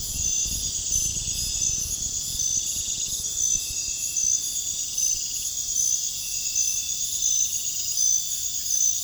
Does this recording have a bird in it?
no